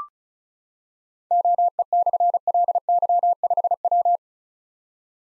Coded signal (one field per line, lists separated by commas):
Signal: Morse code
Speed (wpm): 36 wpm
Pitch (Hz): 700 Hz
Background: none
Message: OE/LY5W